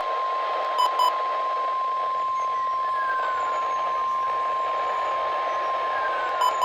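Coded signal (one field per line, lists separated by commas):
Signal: Emergency Alert System (SAME) tones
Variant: 1050 Hz attention tone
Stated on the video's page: Real South Florida EAS alerts.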